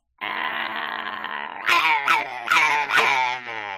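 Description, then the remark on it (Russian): Dogs under a chair growl at a guest in a steady, rough snarl, then break into a run of four sharp, loud yips over continued growling. “«Бежу! А Мишка, что вы? Это гость!» — останавливала хозяйка собак”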